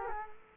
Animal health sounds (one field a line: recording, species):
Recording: mosquito wingbeat signal from an infrared sensor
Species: Culex quinquefasciatus